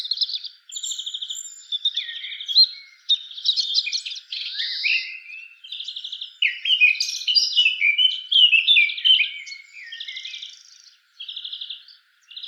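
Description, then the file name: Eurasian blackcap singing a busy, jumbled warble with trilled buzzy bursts and sliding notes, broken by a few short pauses between phrases. "Sylvia atricapilla"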